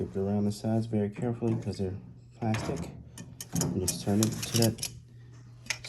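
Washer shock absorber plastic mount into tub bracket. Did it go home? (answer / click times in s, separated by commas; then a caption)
yes / 5.7 s. Someone talks while the plastic end of a Whirlpool washer's shock absorber, being replaced because the washer spins unbalanced, is carefully gripped by the sides and turned in its mount on the tub bracket. A sharp snap at 5.7 s marks the twist-lock seating in place.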